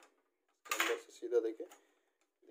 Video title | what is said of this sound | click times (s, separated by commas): FEEDING- PICKUP CHANGE- CANON IR 2870,2230,3570,4570,3235,3245,3030 - PICKUP UNIT REPAIR | ये door to door अब एक lock हो गया, ठीक है। | 0.7 s, 0.8 s